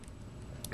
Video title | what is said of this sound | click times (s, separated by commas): Lesson: Transformers Titanium Series War Within Optimus Prime | you can hear them a little bit but they don't stay very well | 0.7 s